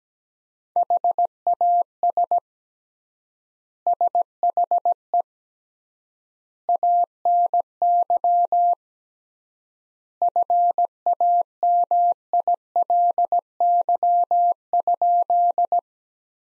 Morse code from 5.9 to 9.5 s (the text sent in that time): ANY